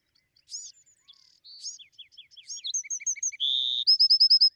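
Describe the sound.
Bewick's wren: a few introductory chips, a series of slurred descending notes, then a buzzy note and a bright, rapid closing trill.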